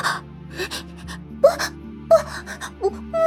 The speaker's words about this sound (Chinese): 林怀一见，险些吓破胆。他惊恐地退后，拼命地摇头，撕心裂肺地尖叫着。